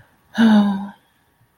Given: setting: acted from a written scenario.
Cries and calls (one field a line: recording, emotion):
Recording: vocal sound without words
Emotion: shame